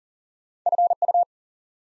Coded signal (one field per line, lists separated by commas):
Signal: Morse code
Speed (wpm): 40 wpm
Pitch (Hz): 700 Hz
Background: none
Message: FU